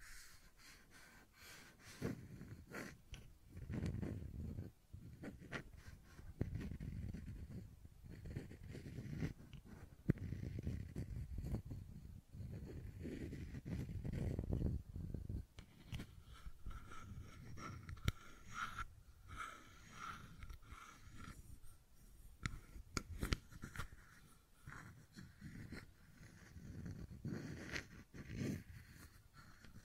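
Fidget cube tapping and clicking, a busy run of small sharp clicks and taps scattered irregularly throughout. Low thumping handling noise swells and fades underneath, and the clicks come in quick clusters with brief pauses, a few louder snaps standing out.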